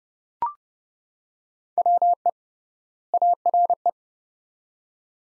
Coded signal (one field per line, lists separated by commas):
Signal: Morse code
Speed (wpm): 32 wpm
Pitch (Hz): 700 Hz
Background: none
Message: WE ARE